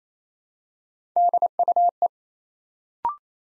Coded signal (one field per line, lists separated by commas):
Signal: Morse code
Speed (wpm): 27 wpm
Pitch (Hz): 700 Hz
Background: none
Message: DUE